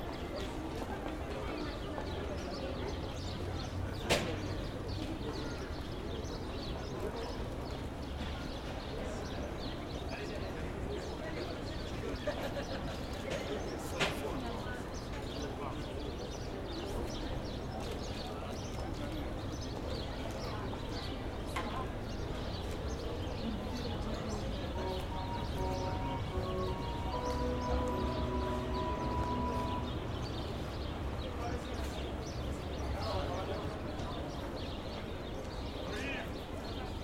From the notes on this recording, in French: Genève. Rue de Toutes-Âmes. Ses alentours. Ambiance sonore.